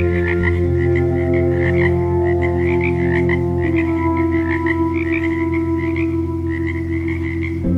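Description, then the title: Frog croaks in short, rapid, repeated pulses over sustained meditation music tones. Ambient frog sounds mixed with meditation music tones. "Frogs and Meditation Tones for Easy Relaxing |Quick Relaxation Ep4"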